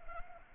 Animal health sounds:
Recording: mosquito wingbeat signal from an infrared sensor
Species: Anopheles arabiensis

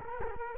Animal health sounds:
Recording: mosquito wingbeat signal from an infrared sensor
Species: Culex quinquefasciatus

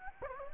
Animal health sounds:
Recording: mosquito wingbeat signal from an infrared sensor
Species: Anopheles gambiae

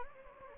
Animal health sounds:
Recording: mosquito wingbeat signal from an infrared sensor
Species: Anopheles gambiae

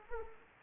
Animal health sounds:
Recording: mosquito wingbeat signal from an infrared sensor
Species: Anopheles arabiensis

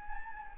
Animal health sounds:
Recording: mosquito wingbeat signal from an infrared sensor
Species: Anopheles gambiae

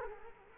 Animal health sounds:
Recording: mosquito wingbeat signal from an infrared sensor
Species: Culex quinquefasciatus

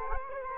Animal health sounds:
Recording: mosquito wingbeat signal from an infrared sensor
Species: Culex quinquefasciatus

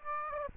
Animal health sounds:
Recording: mosquito wingbeat signal from an infrared sensor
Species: Aedes aegypti

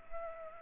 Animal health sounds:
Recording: mosquito wingbeat signal from an infrared sensor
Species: Culex pipiens

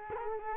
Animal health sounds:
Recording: mosquito wingbeat signal from an infrared sensor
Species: Culex quinquefasciatus

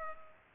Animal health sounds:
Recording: mosquito wingbeat signal from an infrared sensor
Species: Culex pipiens

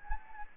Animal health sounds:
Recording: mosquito wingbeat signal from an infrared sensor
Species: Anopheles gambiae

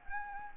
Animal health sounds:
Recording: mosquito wingbeat signal from an infrared sensor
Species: Anopheles gambiae

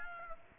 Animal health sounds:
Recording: mosquito wingbeat signal from an infrared sensor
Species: Aedes aegypti

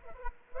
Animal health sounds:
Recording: mosquito wingbeat signal from an infrared sensor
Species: Culex quinquefasciatus

